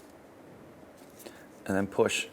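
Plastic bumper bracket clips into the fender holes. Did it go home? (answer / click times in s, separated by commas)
no / none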